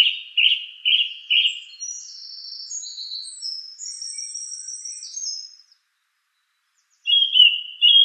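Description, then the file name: Song thrush song opening with a note repeated four times, followed by long high trilled and squeaky phrases, a silence, then new repeated notes. "suara-kicauan-burung-song-thrush 7-omkicau"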